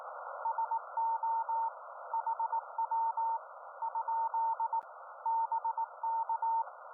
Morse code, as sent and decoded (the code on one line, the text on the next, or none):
... --- / .... .-- / ..--.. / -... -.-
SO HW ? BK